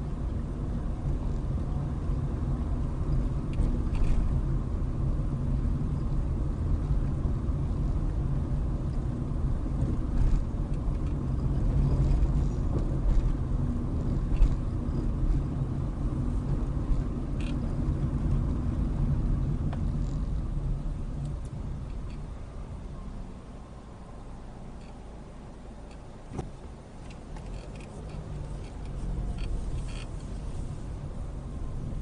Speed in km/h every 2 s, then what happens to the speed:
26, 27, 26, 26, 26, 27, 27, 29, 29, 23, 13, 0, 0, 0, 10, 13.
0-16 steady at about 27. 16-22 brakes to 0. 22-26 standing. 26-32 pulls away to 13.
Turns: 26-30.